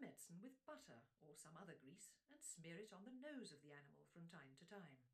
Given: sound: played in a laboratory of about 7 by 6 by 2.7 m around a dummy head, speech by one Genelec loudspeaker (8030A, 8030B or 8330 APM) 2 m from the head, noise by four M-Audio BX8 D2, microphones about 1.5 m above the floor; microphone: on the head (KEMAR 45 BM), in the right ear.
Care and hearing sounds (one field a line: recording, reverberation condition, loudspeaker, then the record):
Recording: female speech in English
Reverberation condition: low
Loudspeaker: 150 degrees to the right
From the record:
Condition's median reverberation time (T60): about 310 ms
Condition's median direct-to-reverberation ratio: about 3.5 dB